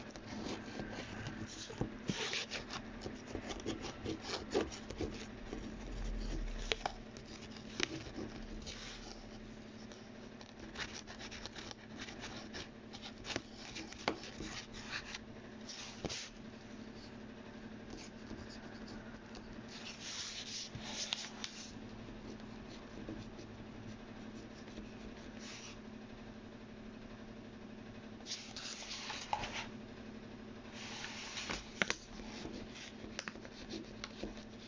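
Someone copies out text by hand, the pen scratching in quick, uneven strokes throughout. Brief louder bursts of rubbing come around 20, 28 and 31 seconds, perhaps a page shifting. A steady low hum runs underneath the whole time.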